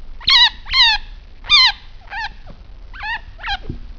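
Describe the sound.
Chinchilla squeaking: several harmonic, wavering calls, some rising then falling, over a low background rumble.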